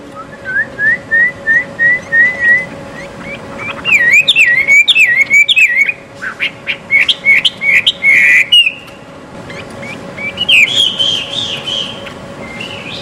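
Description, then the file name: Chinese hwamei begins with a series of short rising whistles, then breaks into louder, complex warbled phrases with brief pauses; a constant low hum is audible. Song at a bird gathering. "audio-gathering-hwamei omkicau"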